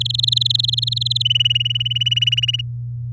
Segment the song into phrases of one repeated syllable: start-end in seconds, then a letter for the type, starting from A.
0.00-1.23 A, 1.25-2.61 B